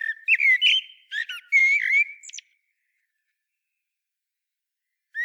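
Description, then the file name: Common blackbird, one flowing phrase of fluted whistles with a few high squeaks, then silence until a new note starts at the end. "Turdus merula"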